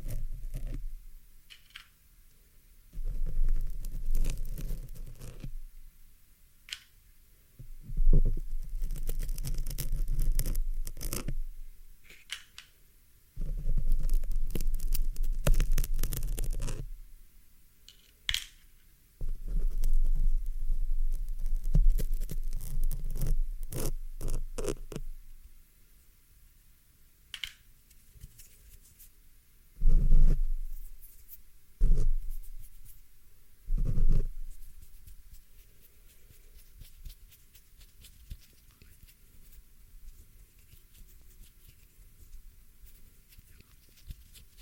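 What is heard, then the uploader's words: A pin is plucked and tugged free from a microphone in bursts of rough scraping and rubbing, with sharp clicks and snaps scattered through. The handling comes in clusters, busiest in the first twenty seconds, then sparser knocks around 30 and 34 seconds before a low quiet hum. ASMR MIC PULLING, PIN EXTRACTION, ASMR PIN REMOVAL, PLUCKING PIN FROM MICROPHONE, PINS ASMR, PINS.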